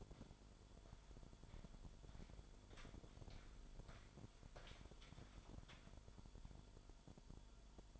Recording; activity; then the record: daily activity, microphone in the room; walk to room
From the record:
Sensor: 5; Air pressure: 1008.3 hPa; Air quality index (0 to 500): 127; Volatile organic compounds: 1 ppm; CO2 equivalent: 977 ppm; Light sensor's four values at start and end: 40/94/38/38 and 39/91/37/37